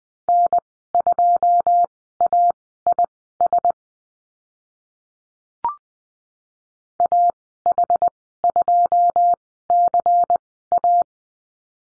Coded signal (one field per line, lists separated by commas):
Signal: Morse code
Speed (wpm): 20 wpm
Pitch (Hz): 700 Hz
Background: none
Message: N2AIS AH2CA